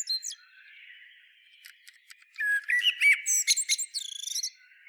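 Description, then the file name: Common blackbird singing: a brief high note at the start, quiet pause, then a mellow warbled phrase that finishes with a series of thin, high, rapid twittering notes. "Turdus merula"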